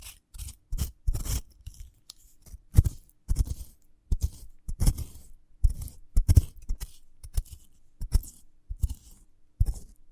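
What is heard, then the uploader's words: Crisp cutting and scraping at a sprouted coconut come in quick bursts roughly every half second, with brief silent gaps between strokes. ASMR of a Sprouted Coconut (No Talking).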